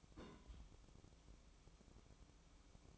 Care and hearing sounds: daily activity, microphone in the room; place on stove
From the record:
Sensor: 1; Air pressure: 1008.1 hPa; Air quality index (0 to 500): 135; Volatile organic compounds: 2 ppm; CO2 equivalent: 1133 ppm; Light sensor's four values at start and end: 8/19/8/8 and 8/19/7/8

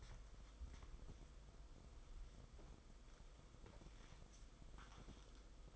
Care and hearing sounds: daily activity, microphone in the room; wipe stove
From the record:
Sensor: 5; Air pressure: 990.7 hPa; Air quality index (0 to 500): 158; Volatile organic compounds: 227 ppm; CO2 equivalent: 4297 ppm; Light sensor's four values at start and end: 43/123/49/52 and 43/124/49/52

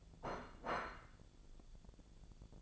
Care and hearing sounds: daily activity, microphone in the room; place plate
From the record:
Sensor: 5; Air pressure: 1000.3 hPa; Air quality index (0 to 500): 119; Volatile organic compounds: 1 ppm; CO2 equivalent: 948 ppm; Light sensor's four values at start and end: 96/227/97/105 and 96/226/96/105

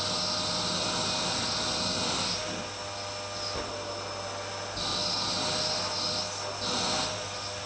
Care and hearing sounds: daily activity, microphone in the room; vacuum cleaning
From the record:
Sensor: 2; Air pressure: 1009.5 hPa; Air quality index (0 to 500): 187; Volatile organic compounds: 12 ppm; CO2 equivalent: 2325 ppm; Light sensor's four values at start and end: 24/59/25/28 and 24/59/25/28

